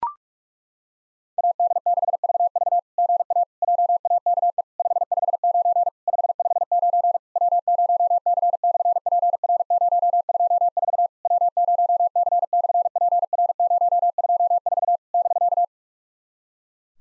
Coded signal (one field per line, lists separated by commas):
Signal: Morse code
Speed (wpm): 46 wpm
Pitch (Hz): 700 Hz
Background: none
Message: AD6VV GA JAKE 559 559 W0C/PR024 W0C/PR024 <BK>